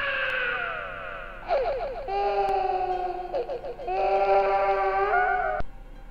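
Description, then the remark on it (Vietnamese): A child cries in long, wavering, high-pitched wails, several drawn-out bursts with trembling pitch, rising and falling over a low steady background hum, with no talking. “Trong không gian vắng lặng, tôi bất giác nghe có tiếng trẻ con khóc vang lên.”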